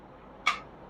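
During a holster fitment check, a pistol is pushed into a Gen 4 17 holster. A single sharp click sounds at 0.5 s against a quiet background as the pistol seats into the holster's retention.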